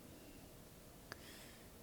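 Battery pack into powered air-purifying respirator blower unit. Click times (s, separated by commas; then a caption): 1.1 s. A rechargeable battery pack, checked for charge first, is pushed onto a powered air-purifying respirator (PAPR) blower unit. A single sharp click at 1.1 s is heard over a quiet, steady background, and the battery is seated in the blower.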